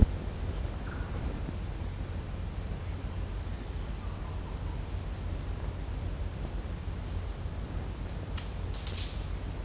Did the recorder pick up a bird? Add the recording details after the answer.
no. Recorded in dense forest near Puerto Asís, Putumayo, Colombia, on 26 December 2024 at 10:00. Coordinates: 0.481, -76.323. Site G100